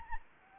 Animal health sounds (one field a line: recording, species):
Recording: mosquito wingbeat signal from an infrared sensor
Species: Anopheles gambiae